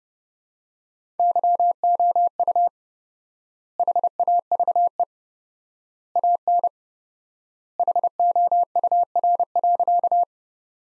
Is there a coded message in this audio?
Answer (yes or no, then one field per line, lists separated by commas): yes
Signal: Morse code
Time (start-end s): 1.2-10.2 s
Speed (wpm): 30 wpm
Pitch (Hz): 700 Hz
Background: none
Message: YOU HAVE AN HOUR.